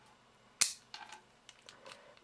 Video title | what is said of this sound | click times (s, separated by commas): How To Disassemble And Assemble Blackberry Curve 8520 | at one of the corners and just lift up until you hear the click do that on both corners then | 0.6 s